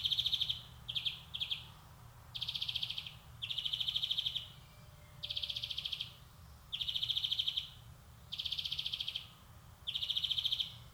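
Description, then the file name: European greenfinch repeating short, even high trills about every one and a half seconds, a couple of brief broken notes early on. "Chloris chloris"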